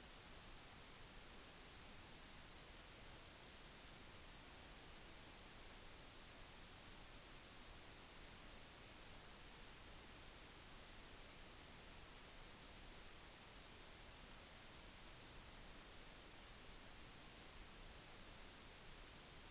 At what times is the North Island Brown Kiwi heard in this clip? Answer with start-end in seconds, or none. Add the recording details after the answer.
none. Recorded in New Zealand on 10 November 2013. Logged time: 02:19